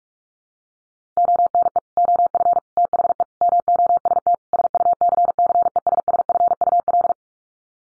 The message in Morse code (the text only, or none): ONE OF THE MOST SUCCESSFUL